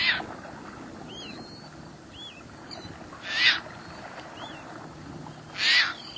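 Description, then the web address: Caspian tern with hoarse, grating calls spaced a few seconds apart, while another bird gives faint arched whistles amid constant background noise. "cotor. Caspian Tern"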